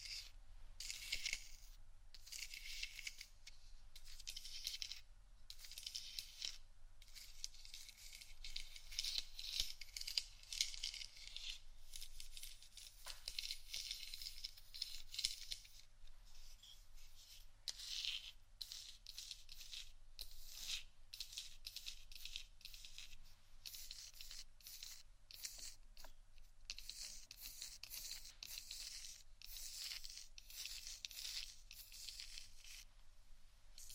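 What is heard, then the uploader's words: Scratching and tapping on various items, a dense run of crisp, bright scrapes broken by short pauses and sharp taps. The rasping comes in quick irregular bursts throughout, with a faint low hum underneath. ASMR Scratchtap On Various Items （No Talking）.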